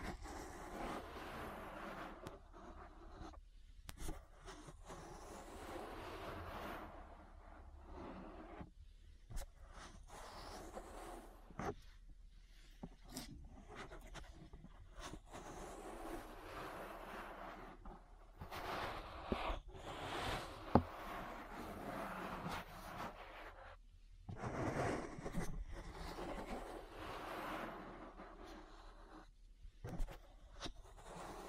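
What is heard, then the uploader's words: Ear massage sounds: soft, dense rubbing and rustling with a muffled low rumble, swelling and fading in uneven strokes. Brief silent gaps break the texture around 4, 9, 12, 24 and 29 seconds, and a few sharper taps and crackles stand out, notably near 21 seconds. ASMR Relaxing Ear Massage. (No Talking).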